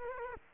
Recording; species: mosquito wingbeat signal from an infrared sensor; Culex quinquefasciatus